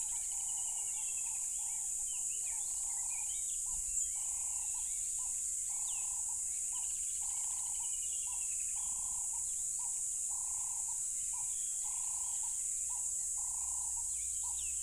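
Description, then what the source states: Crickets drone loudly and continuously at high pitch while a lower hooting note pulses repeatedly and birds chirp now and then. Loud crickets at a tropical river.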